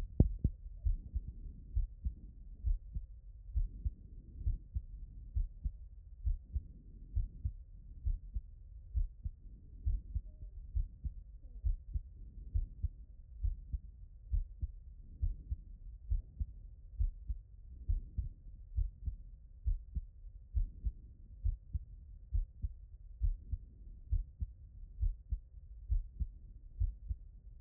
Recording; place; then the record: heart sounds by stethoscope; tricuspid valve (TV)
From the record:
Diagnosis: non-HFrEF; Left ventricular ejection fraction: 58%